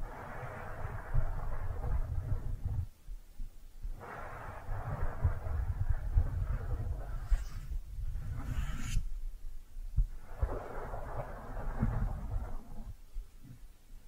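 Soft brushing and squishy sounds in a low, muffled rumble, moving in long strokes of several seconds. The sound drops out briefly around 3, 9 and 13 seconds, and a brighter, crisper swish rises near 7 to 9 seconds.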